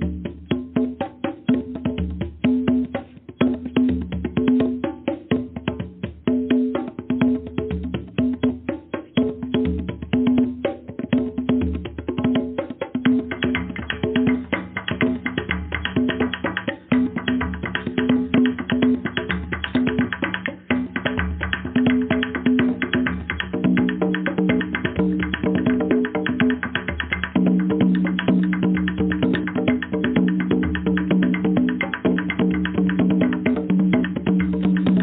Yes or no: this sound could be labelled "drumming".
yes